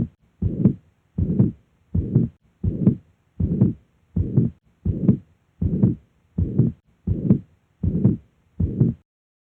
Mitral Regurgitation.